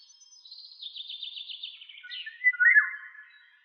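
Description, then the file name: Eurasian golden oriole song: a thin, quavering descending warble gives way to a louder, rich fluted whistle phrase near the end. "Rigogolo"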